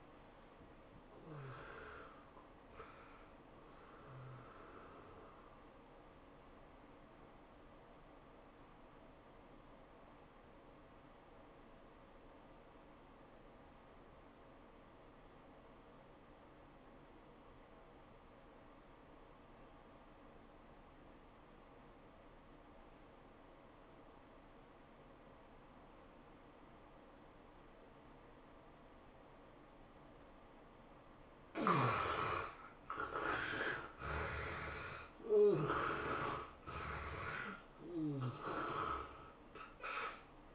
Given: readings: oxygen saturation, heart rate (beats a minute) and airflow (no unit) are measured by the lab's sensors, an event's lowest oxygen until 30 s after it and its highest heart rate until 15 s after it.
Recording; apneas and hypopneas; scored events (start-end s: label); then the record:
breathing in sleep by a voice recorder at the bedside; 1
9.00-31.00 s: obstructive apnea (N1, oxygen 96% highest, then 72% lowest, heart rate 93 at the start, 104 highest)
From the record:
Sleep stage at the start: N1 (lightest sleep); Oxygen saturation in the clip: 70 to 96%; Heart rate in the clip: 81 to 105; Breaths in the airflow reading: 3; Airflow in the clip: -13.3 to 15.4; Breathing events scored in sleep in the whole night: 403 in 5.5 hours asleep